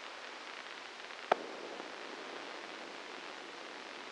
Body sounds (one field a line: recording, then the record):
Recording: brain microelectrode recording played as sound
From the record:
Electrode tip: inside the subthalamic nucleus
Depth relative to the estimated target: 2 mm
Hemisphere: left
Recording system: NeuroSet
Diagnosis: Parkinson's disease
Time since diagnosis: 12 years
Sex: male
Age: 61 years